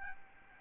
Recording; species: mosquito wingbeat signal from an infrared sensor; Aedes albopictus